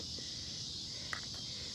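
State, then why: Seated. A spool or line part is pushed into and pulled on the head of a Hart 40V cordless 12-inch string trimmer during line replacement and reassembly of the self-feed head. Over a steady high-pitched hiss, a single sharp click sounds at 1.1 s; the part is meant to take two clicks, but a second one is not distinct. The part is seated in the trimmer head.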